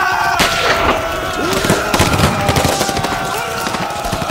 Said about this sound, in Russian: Выстрел сорокопятки ликвидирует пулеметное гнездо.